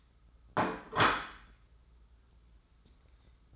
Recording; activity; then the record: daily activity, microphone in the room; place plate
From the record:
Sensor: 3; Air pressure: 994.4 hPa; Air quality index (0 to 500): 205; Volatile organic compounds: 1000 ppm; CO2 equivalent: 6796 ppm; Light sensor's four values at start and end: 86/200/83/79 and 86/200/83/79